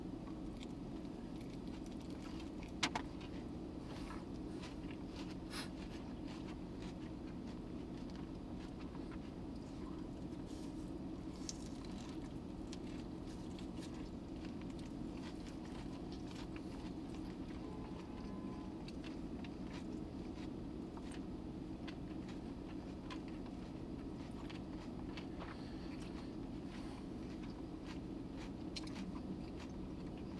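Someone eating an ordinary hamburger, with soft, irregular clicks and small wet ticks scattered through the clip over a steady, dense low rumble that never lets up. A single sharper click stands out around the three-second mark; otherwise the level stays even throughout.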